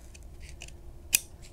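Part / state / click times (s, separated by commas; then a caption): RAID cable connector into backplane port B / seated / 1.1 s. A RAID cable connector for a Dell PowerEdge R650 is lined up with backplane port B and pushed in. Faint small ticks come first, then a sharp, loud click at 1.1 s as the connector seats into port B.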